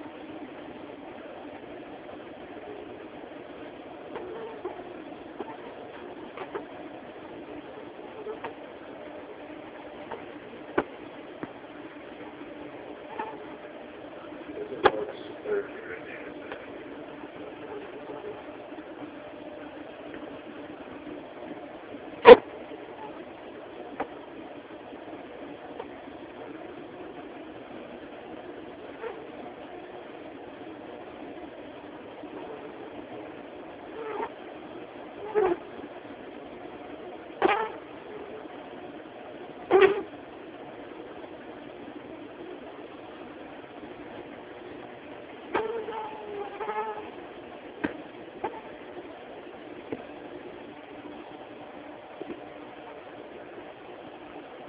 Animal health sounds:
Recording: mosquito flight sound by mobile phone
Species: Aedes mediovittatus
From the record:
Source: UCD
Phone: Samsung T209

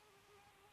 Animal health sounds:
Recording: mosquito flight sound by mobile phone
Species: Aedes sierrensis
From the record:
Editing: cut to the mosquito's sound

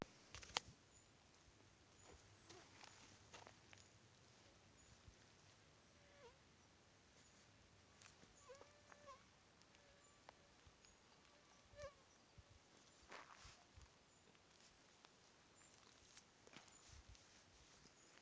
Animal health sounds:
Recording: mosquito flight sound by mobile phone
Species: Aedes sierrensis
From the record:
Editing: field recording with all noises

